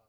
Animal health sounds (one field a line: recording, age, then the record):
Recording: pig call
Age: piglet (1 to 25 days)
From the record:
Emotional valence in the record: positive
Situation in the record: short reunion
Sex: female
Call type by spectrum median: low-frequency call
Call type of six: low-frequency stable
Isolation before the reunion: 3 minutes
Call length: 0.09 s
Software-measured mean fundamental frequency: 46 Hz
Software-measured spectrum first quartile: 590 Hz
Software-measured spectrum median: 1361 Hz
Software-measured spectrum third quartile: 12072 Hz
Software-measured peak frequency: 677 Hz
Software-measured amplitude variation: 44 dB a second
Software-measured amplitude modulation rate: 5.5 a second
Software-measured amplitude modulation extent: 8.0 dB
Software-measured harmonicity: 7.6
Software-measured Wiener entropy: -3.23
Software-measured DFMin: 784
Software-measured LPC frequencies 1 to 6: 646, 1195, 2524, 4506, 5546, 6657 Hz